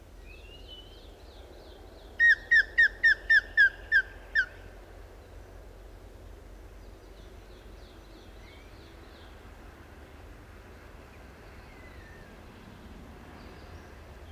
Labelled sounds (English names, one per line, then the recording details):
Grey-headed Woodpecker
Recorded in the wild
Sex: female
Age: adult
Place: Detmold, OT Hiddesen, Teutoburger Wald, Nordrhein-Westfalen, DE
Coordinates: 51.9272, 8.80583
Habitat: pond
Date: 1969-04-07
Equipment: Uher 4000 Report-S, Bändchenmikro Beyer M 260, Parabolspiegel Polyester (470 mm)
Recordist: Conrads, Klaus